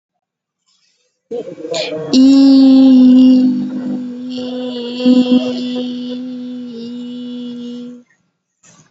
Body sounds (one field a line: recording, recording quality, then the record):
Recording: sustained vowel as in beet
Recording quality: excellent, no background noise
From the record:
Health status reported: COVID-19 positive, no symptoms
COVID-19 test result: positive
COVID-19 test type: RT-PCR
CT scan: not taken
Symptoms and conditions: none ticked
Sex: female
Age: 22 years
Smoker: no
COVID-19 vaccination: none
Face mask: not worn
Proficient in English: yes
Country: India